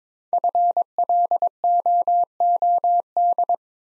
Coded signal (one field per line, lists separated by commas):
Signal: Morse code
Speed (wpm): 22 wpm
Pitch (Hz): 700 Hz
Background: none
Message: FLOOD